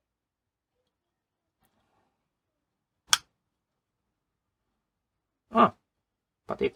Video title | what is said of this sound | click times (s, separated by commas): Steering Column Lock Module ESL Repair for Mercedes Benz Sprinter W906 | it clicked it in. | 3.1 s